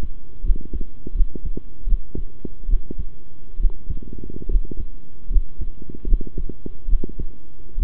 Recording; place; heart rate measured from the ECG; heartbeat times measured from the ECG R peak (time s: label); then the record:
heart sounds by stethoscope; between the tricuspid and mitral areas; 74 bpm
0.43 s: heartbeat
1.14 s: heartbeat
1.86 s: heartbeat
2.68 s: heartbeat
3.59 s: heartbeat
4.48 s: heartbeat
5.29 s: heartbeat
6.06 s: heartbeat
6.87 s: heartbeat
7.77 s: heartbeat
From the record:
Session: rest, sitting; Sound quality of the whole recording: good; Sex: male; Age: 23 years